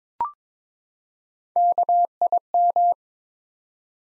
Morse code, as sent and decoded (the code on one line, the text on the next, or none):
-.- .. --
KIM